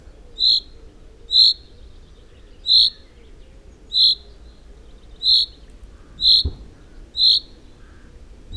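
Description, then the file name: Common chaffinch calls: short, sharp, high 'pink' notes repeated at a steady pace, seven in all, over a quiet background with a faint click. "Fringilla coelebs"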